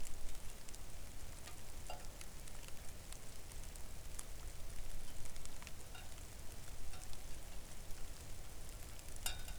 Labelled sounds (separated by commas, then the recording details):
rain
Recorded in the Arctic National Wildlife Refuge, Alaska, on 3 August 2019 at 05:50
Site 41